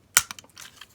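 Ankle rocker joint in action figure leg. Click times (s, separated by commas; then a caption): 0.2 s. The plastic ankle rocker joint on an action figure's leg is moved one ratchet step, giving a sharp, bright click at 0.2 s. A few fainter ticks follow over the next half second. The joint clicks one notch and seats.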